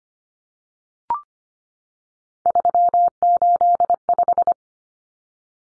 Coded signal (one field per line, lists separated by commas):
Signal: Morse code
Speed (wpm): 25 wpm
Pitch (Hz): 700 Hz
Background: none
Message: 385